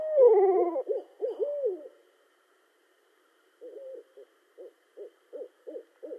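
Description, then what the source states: Barred owl calling with loud wavering, descending hoots, a pause of about a second and a half, then a quieter string of short, evenly spaced hoots. Recorded on 18 March 2012.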